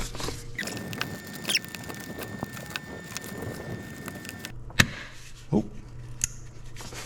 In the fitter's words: one snapped and that one snapped there we go we got all three snapped in